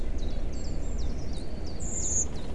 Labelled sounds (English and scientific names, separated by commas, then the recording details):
Eurasian Blue Tit (Cyanistes caeruleus)
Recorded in Germany
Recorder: ecoPi